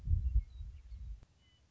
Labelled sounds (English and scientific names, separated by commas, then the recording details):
Western Meadowlark (Sturnella neglecta)
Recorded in Sonoma County, California